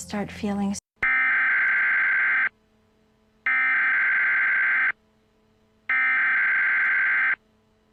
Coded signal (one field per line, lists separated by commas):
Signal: Emergency Alert System (SAME) tones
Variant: header bursts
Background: speech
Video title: Evacuation Immediate/Fire Warning: Siskiyou County, CA 9/2/22 | Emergency Alert System